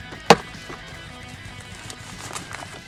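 A plastic glovebox is swung back up and closed into the dashboard after a cabin air filter change. A loud, sharp hit at 0.3 s marks it latching shut, followed by faint, quieter taps. The glovebox is latched closed.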